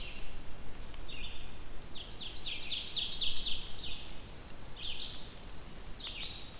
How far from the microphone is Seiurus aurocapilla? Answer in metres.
about 30 m